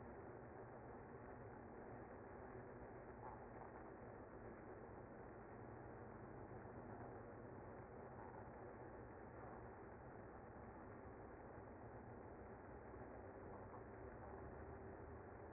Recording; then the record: honeybee colony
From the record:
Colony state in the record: active